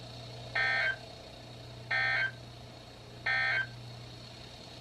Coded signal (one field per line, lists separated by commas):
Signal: Emergency Alert System (SAME) tones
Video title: EAS #43-#45: Marine Warning Trifecta | KHB36